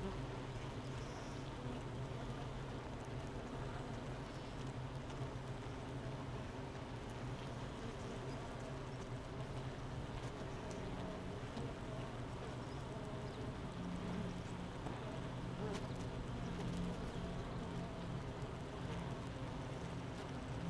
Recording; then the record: honeybee colony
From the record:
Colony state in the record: missing queen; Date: 31 May 2018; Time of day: 9:41